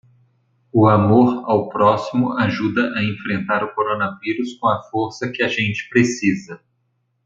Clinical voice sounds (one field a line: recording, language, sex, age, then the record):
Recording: spoken sentence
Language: Brazilian Portuguese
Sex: male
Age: 40 to 49 years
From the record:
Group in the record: control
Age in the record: 49 years